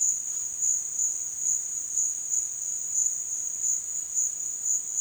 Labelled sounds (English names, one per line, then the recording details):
none
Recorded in dense forest near Puerto Asís, Putumayo, Colombia, on 22 June 2025 at 14:00
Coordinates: 0.466, -76.327
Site GP04